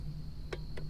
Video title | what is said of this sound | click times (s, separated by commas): BMW E39 E46 M52tu M54 Valve Cover Gasket Replacement What Not To Do | And at 10 foot-pounds, you can barely feel this wrench click, so you gotta be careful not to overdo it. | 0.5 s